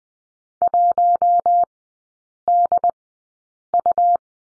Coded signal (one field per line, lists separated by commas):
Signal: Morse code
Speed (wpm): 20 wpm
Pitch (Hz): 700 Hz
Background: none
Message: 1DU